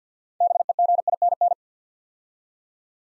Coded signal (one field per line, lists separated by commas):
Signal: Morse code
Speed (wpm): 50 wpm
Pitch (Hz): 700 Hz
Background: none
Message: BEGINN